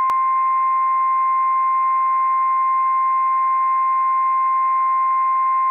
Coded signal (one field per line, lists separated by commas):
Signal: Emergency Alert System (SAME) tones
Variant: 1050 Hz attention tone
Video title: The Attention Tone is Fixed! - Severe Thunderstorm Warning - WWF56 - EAS #250 - 8:46 AM PDT 8/12/22